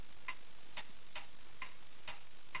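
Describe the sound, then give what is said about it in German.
A clock ticks steadily, six crisp, bright clicks at an even pace of about two per second, with nothing else but a faint hiss underneath. “Diese Stille. Nur das Ticken der Uhr.”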